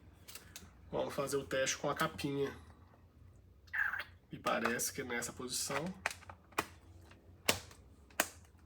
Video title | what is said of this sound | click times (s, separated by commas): [eReader] Meebook M7 - Unboxing e Primeiras Impressões | aí encaixou direitinho protege protege | 6.6 s, 7.5 s, 8.2 s